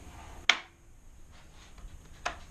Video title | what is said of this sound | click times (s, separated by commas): Yakima Foldclick 3 Review | back until you hear the click taking | 0.5 s